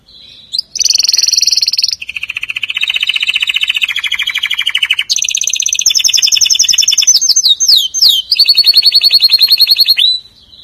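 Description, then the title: Canary song: continuous, loud, rapid trills changing pitch every second or two, with a few downward-swooping notes and a final high rolling trill. "Kenari"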